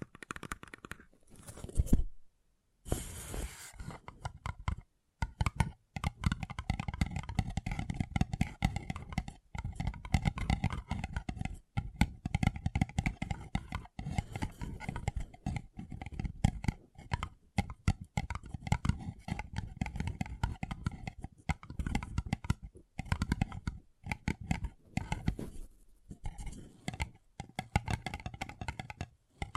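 Paper cup tingles: dense, rapid crinkling and tapping on a paper cup that runs almost without pause for the whole stretch. The rustle is fairly full, with a faint steady tone underneath, and is broken by brief silences near two, five and twenty-six seconds.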